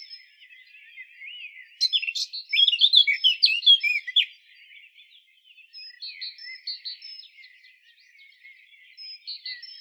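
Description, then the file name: Eurasian blackcap singing a fast, varied warble, soft at first, then a loud burst of sharp chirps, followed by quieter repeated twitters. "Sylvia atricapilla"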